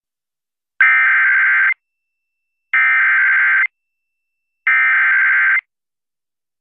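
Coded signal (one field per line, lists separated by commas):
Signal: Emergency Alert System (SAME) tones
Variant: header bursts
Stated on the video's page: Real EAS SAME alerts personally captured in the Deep South.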